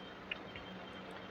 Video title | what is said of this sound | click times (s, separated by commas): Unboxing Review Of Malhotra Sons Defence 32 Acp Pistol#pistol #32acp #msd @rvvlogofficial | यह lock हो जाता है जब आपको फायर करना हो तुरंत आप हैमर | 0.3 s